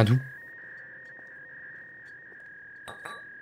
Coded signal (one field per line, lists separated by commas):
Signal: fax machine handshake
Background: speech